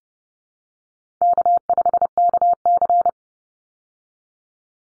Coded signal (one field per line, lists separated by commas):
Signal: Morse code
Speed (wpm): 29 wpm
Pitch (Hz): 700 Hz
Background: none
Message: K5KC